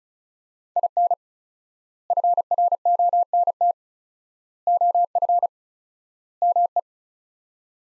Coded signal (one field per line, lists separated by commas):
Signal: Morse code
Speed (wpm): 36 wpm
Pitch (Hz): 700 Hz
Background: none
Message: IN FRONT OF ME